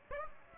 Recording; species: mosquito wingbeat signal from an infrared sensor; Aedes aegypti